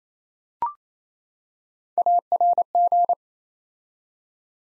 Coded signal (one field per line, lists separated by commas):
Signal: Morse code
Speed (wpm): 27 wpm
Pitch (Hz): 700 Hz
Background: none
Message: ARG